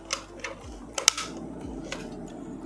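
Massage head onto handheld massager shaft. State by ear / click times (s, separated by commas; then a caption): seated / 1.1 s. A plastic interchangeable massage head is pushed and twisted onto the shaft of an Agaro Alpha handheld body massager. A few light taps and rattles come first, then a sharp click at 1.1 s as the head locks onto the massager, followed by faint handling.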